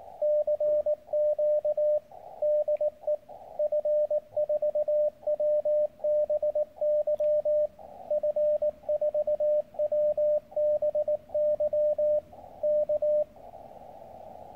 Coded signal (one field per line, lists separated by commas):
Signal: Morse code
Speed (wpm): 19 wpm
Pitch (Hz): 600 Hz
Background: radio noise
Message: CQ DE F4WBY F4WBY K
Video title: Clandestine Urban Radio Operations Failure.